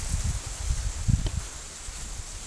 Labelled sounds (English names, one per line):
none